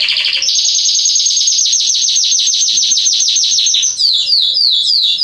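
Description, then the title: Belgian canary song, a short buzzy phrase rising into a fast, even high trill, then a run of repeated downslurred whistled notes. Male singing a lot, used to warm up and train young canaries. "Canary Training Esquente Seu Filhote E Canario Belga Macho Cantando Muito CANTO DO CANRIO"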